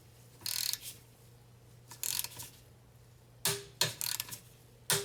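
A 25 ft-lb torque wrench tightens the second brake caliper bolt on the front brakes of a Mercedes / Dodge Sprinter, with bursts of ratcheting. The ratcheting ends in a pair of strong clicks at 3.5 s and 3.8 s, the same as on the first bolt, as the wrench reaches its setting and the bolt is torqued.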